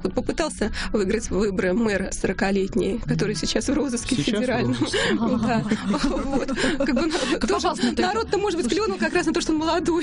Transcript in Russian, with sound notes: Вот попытался выиграть выборы 40-летний мэр, который сейчас в федеральном (все смеются) То есть народ-то, может, клюнул как раз на то, что он молодой.